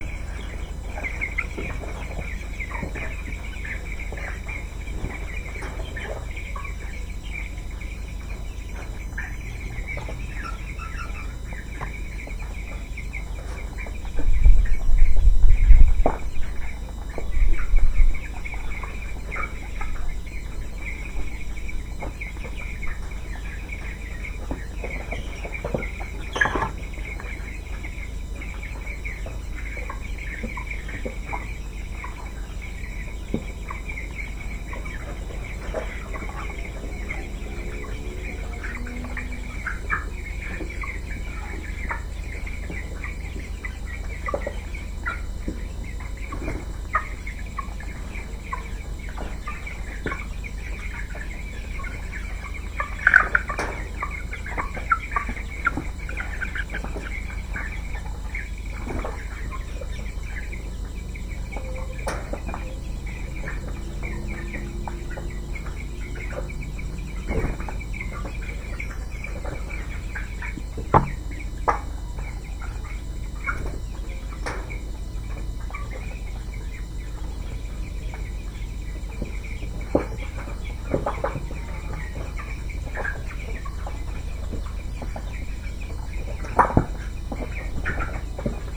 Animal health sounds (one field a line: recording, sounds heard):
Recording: poultry house recording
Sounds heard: healthy chickens